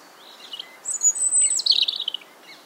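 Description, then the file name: European robin song, a short phrase of high thin whistles and fast tinkling trills, with a sustained very high note in the middle. "Erithacus rubecula"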